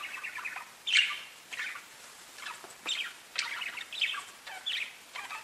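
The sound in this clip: Budgerigar calls, scattered chirps and short squawks with a sharp louder note near the start and pauses between bursts.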